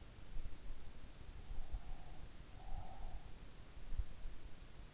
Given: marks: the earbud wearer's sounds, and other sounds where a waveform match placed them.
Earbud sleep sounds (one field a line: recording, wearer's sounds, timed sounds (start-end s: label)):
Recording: sounds in sleep by an in-ear microphone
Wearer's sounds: breath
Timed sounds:
1.38-3.46 s: breath